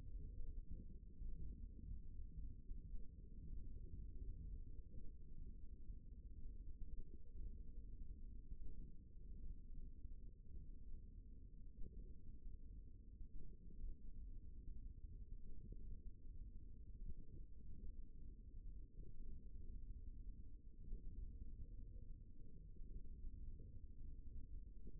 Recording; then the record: forearm muscle sounds (acoustic myography)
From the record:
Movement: hook grip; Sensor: system 1, eight BSWA MPA416 microphones around the upper forearm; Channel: 1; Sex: male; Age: 54 years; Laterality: right